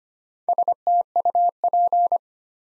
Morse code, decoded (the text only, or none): STUP